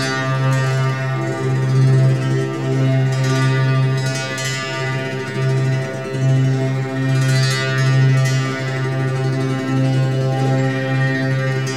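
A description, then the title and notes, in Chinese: A walnut-wood qin in C major rings with layered, sustained notes over a steady low hum, with brighter plucked strokes around four and eight seconds. 琴聲細語-核桃木撫心琴（C大調）。單音琴是指每根琴弦的頻率都一樣。我現在也有自己的木製單音琴囉。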